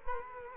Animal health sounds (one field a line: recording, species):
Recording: mosquito wingbeat signal from an infrared sensor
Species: Culex quinquefasciatus